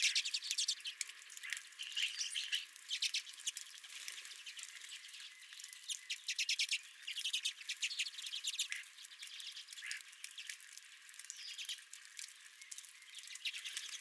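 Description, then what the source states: Redpolls chattering steadily, dense dry notes and short trills throughout. Redpolls visiting the recordist's own feeder.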